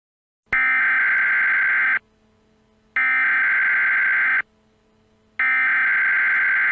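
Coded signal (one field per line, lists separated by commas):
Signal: Emergency Alert System (SAME) tones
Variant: header bursts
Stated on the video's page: Simulated EAS scenario about McDonald's food contamination.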